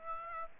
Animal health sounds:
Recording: mosquito wingbeat signal from an infrared sensor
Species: Aedes aegypti

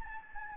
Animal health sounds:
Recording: mosquito wingbeat signal from an infrared sensor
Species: Aedes albopictus

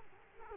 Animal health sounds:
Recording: mosquito wingbeat signal from an infrared sensor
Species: Culex quinquefasciatus

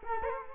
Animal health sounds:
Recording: mosquito wingbeat signal from an infrared sensor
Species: Culex quinquefasciatus

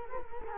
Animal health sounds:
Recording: mosquito wingbeat signal from an infrared sensor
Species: Culex quinquefasciatus

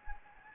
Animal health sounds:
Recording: mosquito wingbeat signal from an infrared sensor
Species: Anopheles gambiae

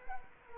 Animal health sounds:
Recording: mosquito wingbeat signal from an infrared sensor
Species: Culex quinquefasciatus

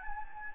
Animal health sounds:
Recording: mosquito wingbeat signal from an infrared sensor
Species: Anopheles gambiae

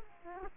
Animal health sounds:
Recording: mosquito wingbeat signal from an infrared sensor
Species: Aedes aegypti

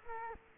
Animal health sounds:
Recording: mosquito wingbeat signal from an infrared sensor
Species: Culex quinquefasciatus

